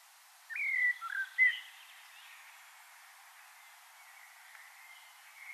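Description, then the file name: Common blackbird: a brief burst of three clear whistled notes, slurred up and down, followed by quiet with faint background sound. "Turdus merula"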